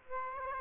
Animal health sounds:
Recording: mosquito wingbeat signal from an infrared sensor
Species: Aedes aegypti

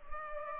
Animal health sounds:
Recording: mosquito wingbeat signal from an infrared sensor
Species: Culex pipiens

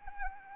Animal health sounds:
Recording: mosquito wingbeat signal from an infrared sensor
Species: Anopheles arabiensis

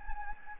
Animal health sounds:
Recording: mosquito wingbeat signal from an infrared sensor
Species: Anopheles gambiae

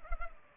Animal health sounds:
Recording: mosquito wingbeat signal from an infrared sensor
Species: Culex pipiens

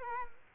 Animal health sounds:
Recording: mosquito wingbeat signal from an infrared sensor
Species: Culex quinquefasciatus

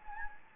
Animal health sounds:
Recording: mosquito wingbeat signal from an infrared sensor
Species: Anopheles gambiae

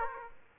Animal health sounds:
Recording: mosquito wingbeat signal from an infrared sensor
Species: Aedes aegypti

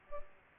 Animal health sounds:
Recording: mosquito wingbeat signal from an infrared sensor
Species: Culex pipiens

